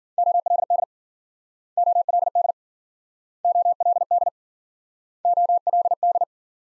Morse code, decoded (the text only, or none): OLD OLD OLD OLD